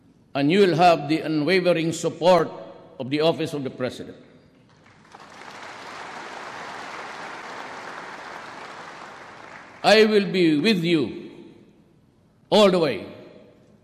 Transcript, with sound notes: and you will have the unwavering support of the Office of the President. [applause] I will be with you all the way.